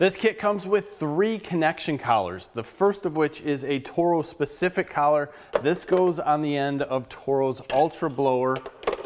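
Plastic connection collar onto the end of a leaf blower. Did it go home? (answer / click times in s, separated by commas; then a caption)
no / none. Someone talks while handling a plastic, Toro-specific connection collar from a Toro Model 51668 universal gutter cleaning kit, about to push it onto the end of a Toro Ultra leaf blower. A short sharp sound comes right at the end, but nothing has seated or clicked yet; the collar is not yet home.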